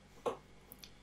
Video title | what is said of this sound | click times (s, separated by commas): Let’s look inside a brand - nuna pipa lite lx Unboxing | you just want to keep moving around until it snaps and | 0.3 s